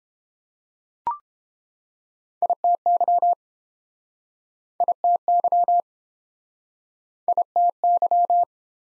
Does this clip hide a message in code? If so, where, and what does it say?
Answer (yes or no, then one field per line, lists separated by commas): yes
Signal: Morse code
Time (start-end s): 2.4-8.4 s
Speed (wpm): 31 wpm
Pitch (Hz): 700 Hz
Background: none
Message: ITY ITY ITY